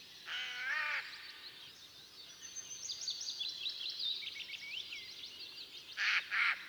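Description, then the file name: Eurasian jay with one rasping screech at the start and two harsh bursts near the end, amid steady high twittering from other birds. "Garrulus glandarius"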